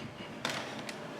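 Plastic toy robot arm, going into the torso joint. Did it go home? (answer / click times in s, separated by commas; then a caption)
yes / 0.4 s. A plastic combining toy robot figure (MMPR Shogun Megazord) has its arm clicked into its socket at the torso joint. A sharp plastic click sounds at 0.4 s, followed by a fainter tap near 0.9 s. The arm seats into place.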